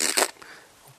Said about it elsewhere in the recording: But I had a bicuspid, which meant that there was only two there. And so this meant the first way that you would detect this is that the two couldn't really close quite that well, and would sort of like you're trying to hold your breath and go. It would actually fart through, and the farting of the blood back into the heart would be heard as a murmur.